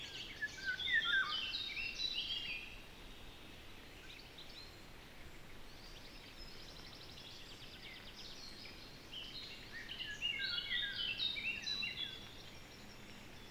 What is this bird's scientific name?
Oriolus oriolus